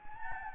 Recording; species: mosquito wingbeat signal from an infrared sensor; Anopheles gambiae